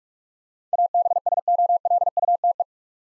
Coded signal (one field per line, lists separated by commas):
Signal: Morse code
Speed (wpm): 44 wpm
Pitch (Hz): 700 Hz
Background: none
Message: ABSOLUTE